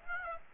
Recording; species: mosquito wingbeat signal from an infrared sensor; Aedes aegypti